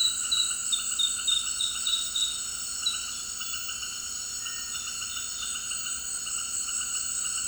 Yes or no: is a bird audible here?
no